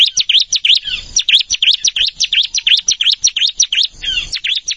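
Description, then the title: Plain Prinia song of brisk, rapid high chirps in runs with slight pauses. "Ciblek Sawah"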